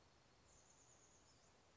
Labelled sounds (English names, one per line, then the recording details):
Chestnut-backed Chickadee
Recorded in Sonoma County, California